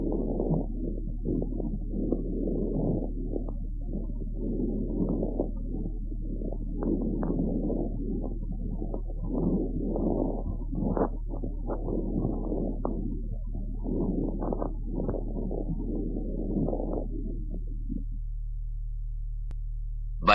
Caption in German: Pathologische Geräusche bei chronischer Bronchitis. Oft lässt sich das pathologische Atemgeräusch nur am Ende einer sehr tiefen Inspiration wahrnehmen.